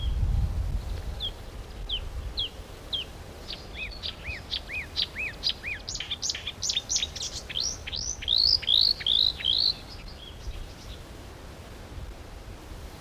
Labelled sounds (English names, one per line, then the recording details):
Marsh Warbler song
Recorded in the wild
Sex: male
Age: adult
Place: Berlin, OT Blankenfelde, Berlin, DE
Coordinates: 52.6167, 13.4
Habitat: field
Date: 1988-06-04
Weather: overcast, 18-20°C, gusty winds
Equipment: Nagra SN, Kopie Tesla B 116
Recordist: Tembrock, Günter
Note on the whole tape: Bei Blankenfelde, am ehemaligen Feldrand. Gesang